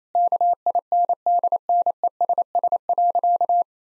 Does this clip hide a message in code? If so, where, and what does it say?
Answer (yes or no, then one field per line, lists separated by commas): yes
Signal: Morse code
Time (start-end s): 0.2-3.6 s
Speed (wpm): 28 wpm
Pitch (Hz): 700 Hz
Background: none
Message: KINDNESS.